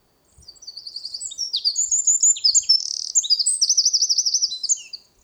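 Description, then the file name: Eurasian wren song: a vigorous stream of sharp high notes and fast trills, with a steady rolling trill near the end before it stops. "Troglodytes troglodytes"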